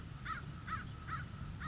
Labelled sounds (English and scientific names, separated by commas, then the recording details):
American Crow (Corvus brachyrhynchos)
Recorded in Sonoma County, California